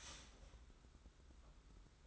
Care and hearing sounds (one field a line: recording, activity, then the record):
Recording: daily activity, microphone in the room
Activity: start toaster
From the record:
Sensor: 3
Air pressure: 991.6 hPa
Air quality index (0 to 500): 182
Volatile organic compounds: 1000 ppm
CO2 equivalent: 6091 ppm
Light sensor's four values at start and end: 41/118/48/42 and 41/118/48/42